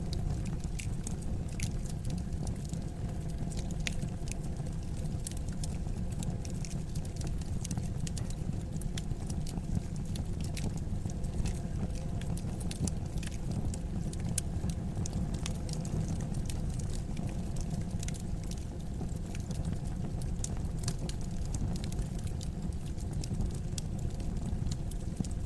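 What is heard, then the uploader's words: Logs burn in a fireplace with a steady low rumble, while frequent sharp crackles and pops snap through constantly for the whole stretch. Fireplace Ambiance. Burning logs and crackling fire sounds.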